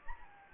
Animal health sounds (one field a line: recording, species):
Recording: mosquito wingbeat signal from an infrared sensor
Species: Anopheles gambiae